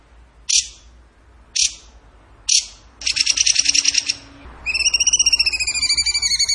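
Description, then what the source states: Bird sound: three sharp chips, a fast harsh rattle, then a rapid series of high, clear, slightly wavering whistled notes. Masteran training recording of bird song in tembakan gacor style.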